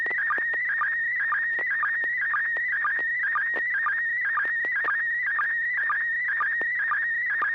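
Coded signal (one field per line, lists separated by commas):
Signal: SSTV (slow-scan television)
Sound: continuous warbling whistle around 2 kHz with rapid regular low ticks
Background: low steady hum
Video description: River City ARCS SSTV Net 9 pm Wednesdays Pacific Time on N6NA FM repeater 441.300 MHz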